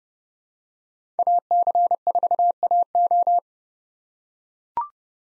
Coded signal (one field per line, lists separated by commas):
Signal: Morse code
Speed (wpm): 30 wpm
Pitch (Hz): 700 Hz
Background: none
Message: AC4AO